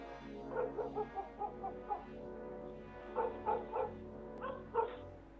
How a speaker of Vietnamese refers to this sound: Con chó sù lông lên, bắt đầu sủa dữ dội.